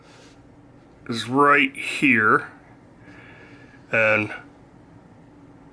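A Rough Ryder Black Appaloosa slip joint pocket knife is handled as its blade is pushed from the half stop toward the hardest spot of the backspring, heading for the fully open detent. Someone talks in short bursts over a quiet, steady background hiss. Nothing has seated or clicked yet; the blade has not snapped into the open position.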